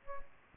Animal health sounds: mosquito wingbeat signal from an infrared sensor; Aedes aegypti

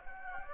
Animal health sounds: mosquito wingbeat signal from an infrared sensor; Anopheles gambiae

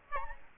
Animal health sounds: mosquito wingbeat signal from an infrared sensor; Aedes albopictus

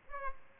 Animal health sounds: mosquito wingbeat signal from an infrared sensor; Aedes aegypti

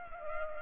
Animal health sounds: mosquito wingbeat signal from an infrared sensor; Culex pipiens

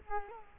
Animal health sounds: mosquito wingbeat signal from an infrared sensor; Culex quinquefasciatus

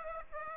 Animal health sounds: mosquito wingbeat signal from an infrared sensor; Aedes aegypti

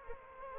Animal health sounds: mosquito wingbeat signal from an infrared sensor; Anopheles arabiensis

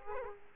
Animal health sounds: mosquito wingbeat signal from an infrared sensor; Aedes aegypti

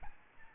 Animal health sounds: mosquito wingbeat signal from an infrared sensor; Aedes albopictus

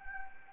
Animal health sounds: mosquito wingbeat signal from an infrared sensor; Anopheles gambiae

